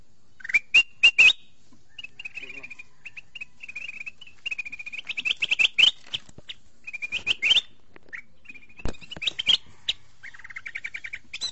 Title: Suara Burung Kutilang